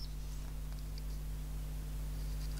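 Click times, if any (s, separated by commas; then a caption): none. A blade of a worn metal Victorinox Swiss Army pocket knife is worked against its backspring in the handle. Only faint soft ticks near 0.0 and 1.0 s are heard over a steady low hum, with no crisp snap. The action is soft and mushy, and the blade has not snapped closed or clicked.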